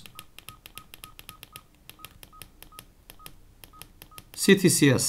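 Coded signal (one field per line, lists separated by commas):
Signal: none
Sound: radio menu button beeps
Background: speech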